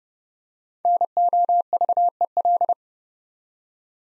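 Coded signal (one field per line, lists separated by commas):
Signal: Morse code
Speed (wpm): 30 wpm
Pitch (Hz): 700 Hz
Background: none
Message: NOVEL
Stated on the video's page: Morse practice set of easy words with contextual hints, sent at 30 wpm.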